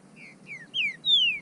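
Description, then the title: Bird call: four clear whistled notes, each sliding downward, the last longest and loudest. "burung"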